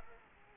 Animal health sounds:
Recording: mosquito wingbeat signal from an infrared sensor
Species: Culex quinquefasciatus

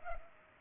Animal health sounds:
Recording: mosquito wingbeat signal from an infrared sensor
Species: Culex pipiens

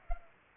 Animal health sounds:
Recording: mosquito wingbeat signal from an infrared sensor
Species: Culex pipiens

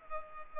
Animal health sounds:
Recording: mosquito wingbeat signal from an infrared sensor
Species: Culex pipiens

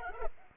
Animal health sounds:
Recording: mosquito wingbeat signal from an infrared sensor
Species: Culex pipiens

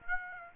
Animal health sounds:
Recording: mosquito wingbeat signal from an infrared sensor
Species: Aedes aegypti

